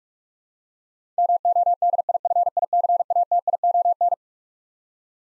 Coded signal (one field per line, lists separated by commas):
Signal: Morse code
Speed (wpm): 41 wpm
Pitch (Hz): 700 Hz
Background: none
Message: MODIFICATION